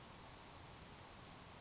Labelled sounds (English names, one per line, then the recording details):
Grasshopper Sparrow
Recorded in Sonoma County, California